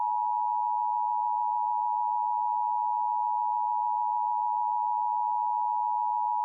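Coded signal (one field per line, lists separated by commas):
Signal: Emergency Alert System (SAME) tones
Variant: 853 and 960 Hz attention tone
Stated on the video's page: Fictional EAS scenario with role-played SAME header tones, for entertainment.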